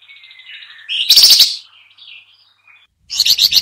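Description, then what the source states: Sooty-headed bulbul calls: faint thin notes, a loud harsh scratchy burst, quiet twitters, then the start of a rapid chattering series. Lure recording (pikat) in a noisy, combined calling style.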